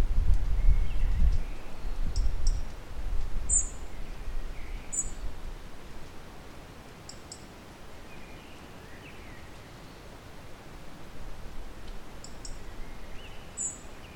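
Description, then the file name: European robin giving thin, high-pitched short call notes several times, with faint lower warbled notes and low rumbling noise early on. "Erithacus rubecula"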